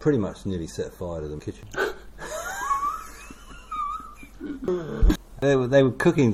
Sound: laughter